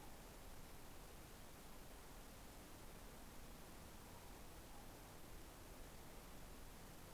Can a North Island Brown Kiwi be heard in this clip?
no